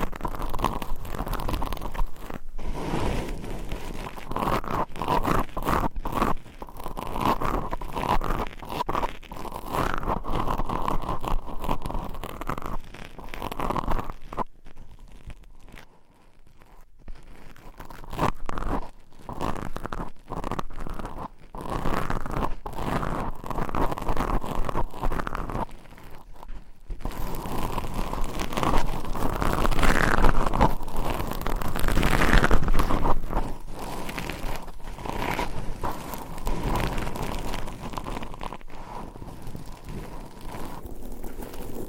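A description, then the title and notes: Fingernails scratch and scrape across a microphone in dense, rapid strokes that rasp and crackle, with a steady bright scraping tone running through. Around fifteen seconds the scratching thins into sparse, quieter taps before building back to full, continuous scraping that stays busy to the end. ASMR Mic Scratching Brain Scratching with Different Nail Shapes Asmr No Talking.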